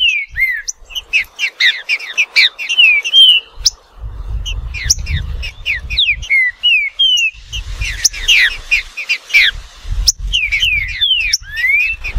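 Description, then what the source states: Green-winged saltator song: loud whistled phrases of slurred, descending notes, almost without pause. Bird called Nicão singing in the woods, competing with a free-living trinca-ferro; local name trinca-ferro.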